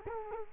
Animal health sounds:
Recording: mosquito wingbeat signal from an infrared sensor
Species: Culex quinquefasciatus

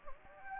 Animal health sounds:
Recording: mosquito wingbeat signal from an infrared sensor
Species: Anopheles gambiae

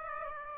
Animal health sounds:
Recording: mosquito wingbeat signal from an infrared sensor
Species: Aedes aegypti

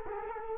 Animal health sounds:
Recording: mosquito wingbeat signal from an infrared sensor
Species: Culex quinquefasciatus

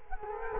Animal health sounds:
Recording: mosquito wingbeat signal from an infrared sensor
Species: Culex quinquefasciatus

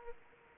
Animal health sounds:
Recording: mosquito wingbeat signal from an infrared sensor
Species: Aedes aegypti

